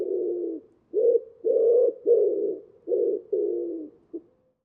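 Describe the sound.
Common Wood Pigeon repeating low, muffled coos of varied length, ending with a brief clipped note before falling quiet.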